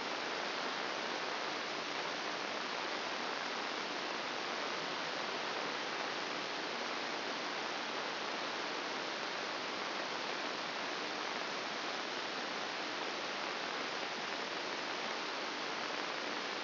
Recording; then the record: brain microelectrode recording played as sound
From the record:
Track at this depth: inside the subthalamic nucleus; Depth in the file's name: 3.366 mm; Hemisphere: left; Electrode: 2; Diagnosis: Parkinson's disease